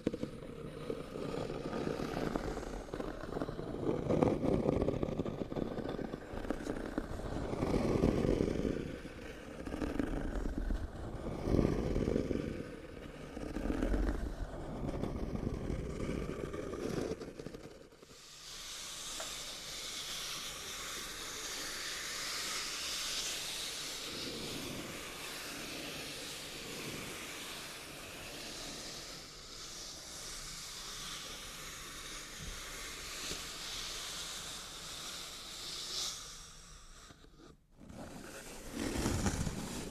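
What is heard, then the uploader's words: Hollow rubbing on cardboard in uneven strokes for the first half, then brighter, steady hissing scratches, broken by a brief pause near the end. Scratching, Rubbing & Tracing on Cardboard Boxes (NO TALKING).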